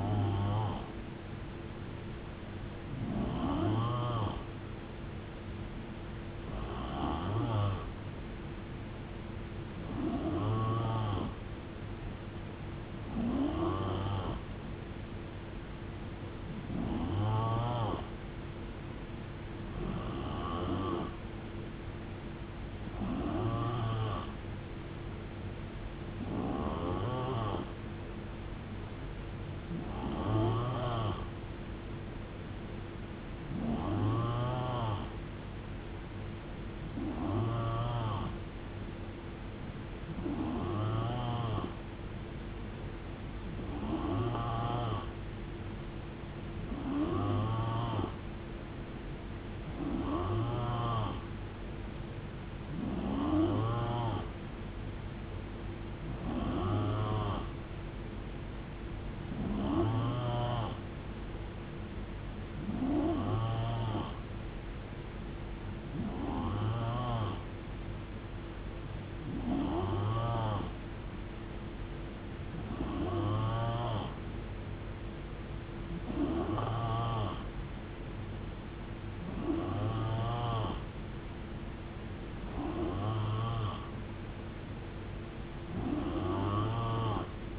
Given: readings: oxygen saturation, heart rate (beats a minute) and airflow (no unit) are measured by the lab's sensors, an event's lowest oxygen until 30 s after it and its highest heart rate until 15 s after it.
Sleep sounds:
breathing in sleep by a voice recorder at the bedside; none
none scored
From the record:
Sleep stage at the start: N3 (deep sleep); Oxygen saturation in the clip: 90 to 92%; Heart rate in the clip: 65 to 78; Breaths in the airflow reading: 26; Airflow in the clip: -7.6 to 3.9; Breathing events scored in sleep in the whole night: 389 in 6.3 hours asleep

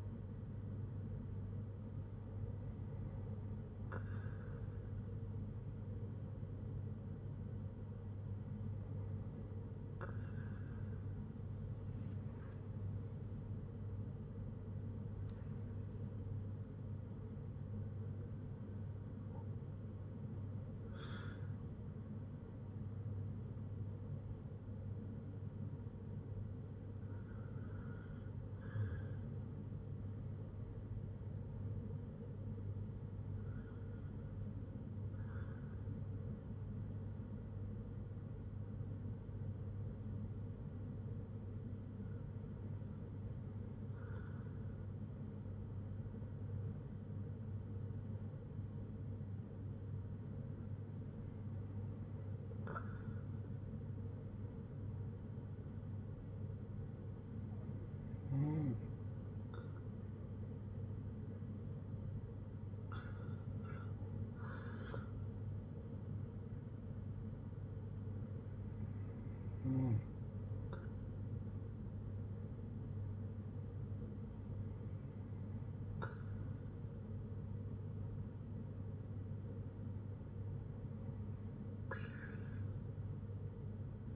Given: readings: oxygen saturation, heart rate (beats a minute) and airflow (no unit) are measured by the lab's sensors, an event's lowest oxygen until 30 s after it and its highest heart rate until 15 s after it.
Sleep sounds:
breathing in sleep by a smartphone at the bedside; none
14.00-44.00 s: new sleep stage, N1 (lightest sleep)
44.00-84.16 s: new sleep stage, N2 (light sleep)
From the record:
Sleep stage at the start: N2 (light sleep); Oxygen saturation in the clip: 94 to 96%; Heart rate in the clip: 55 to 80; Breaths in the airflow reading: 13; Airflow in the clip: -5.8 to 6.3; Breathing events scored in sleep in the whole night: 182 in 7.4 hours asleep

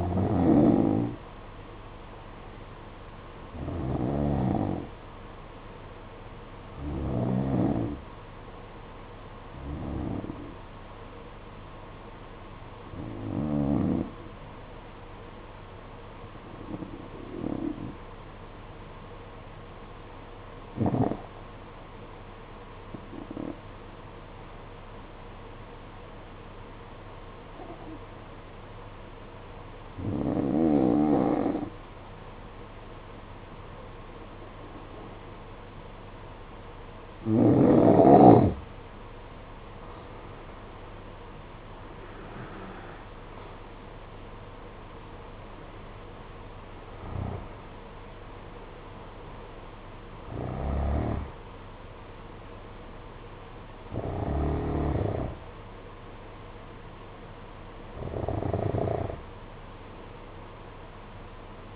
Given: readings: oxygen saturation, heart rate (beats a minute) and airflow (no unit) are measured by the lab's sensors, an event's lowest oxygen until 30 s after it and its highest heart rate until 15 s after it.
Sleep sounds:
breathing in sleep by a voice recorder at the bedside; 1
17.00-33.00 s: obstructive apnea (N2, oxygen 95% highest, then 88% lowest, heart rate 53 at the start, 66 highest)
54.00-61.76 s: new sleep stage, N1 (lightest sleep)
From the record:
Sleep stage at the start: N2 (light sleep); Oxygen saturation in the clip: 87 to 95%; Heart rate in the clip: 52 to 66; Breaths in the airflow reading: 13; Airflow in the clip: -9.9 to 10.1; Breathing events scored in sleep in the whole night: 476 in 9.7 hours asleep

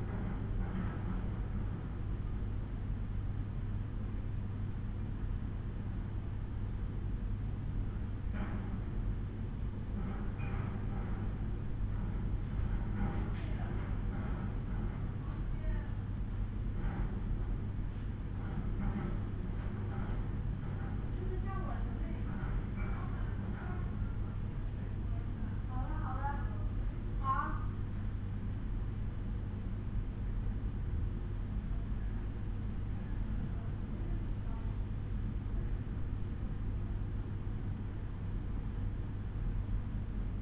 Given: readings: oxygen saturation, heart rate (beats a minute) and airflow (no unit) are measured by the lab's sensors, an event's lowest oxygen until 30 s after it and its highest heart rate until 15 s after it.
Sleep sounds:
breathing in sleep by a smartphone at the bedside; none
none scored
From the record:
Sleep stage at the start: N2 (light sleep); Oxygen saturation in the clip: 93 to 94%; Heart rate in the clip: 57 to 62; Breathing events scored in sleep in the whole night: 187 in 7.2 hours asleep

